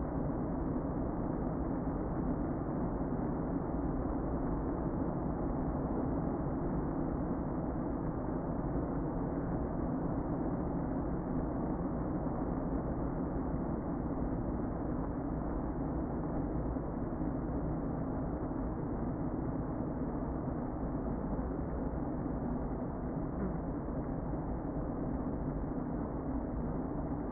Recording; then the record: honeybee colony, microphone inside the hive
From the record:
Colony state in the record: queen present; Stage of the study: before two queens were removed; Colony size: about 60,000 bees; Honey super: yes